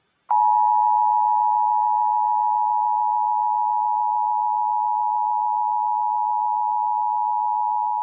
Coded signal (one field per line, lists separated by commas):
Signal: Emergency Alert System (SAME) tones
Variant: 853 and 960 Hz attention tone